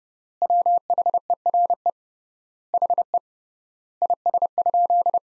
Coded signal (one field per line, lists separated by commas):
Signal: Morse code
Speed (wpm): 30 wpm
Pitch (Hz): 700 Hz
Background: none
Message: WHERE HE IS?